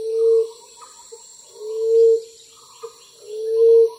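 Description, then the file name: Common emerald dove cooing: low, soft, steady hoots, each swelling and fading, three given about every 1.6 seconds with faint short notes between, over quiet background hiss. "翠翼鳩"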